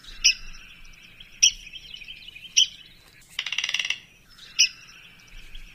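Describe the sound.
Red-cockaded Woodpecker calls: sharp, squeaky notes repeated about once a second, with a brief rapid chattering burst in the middle.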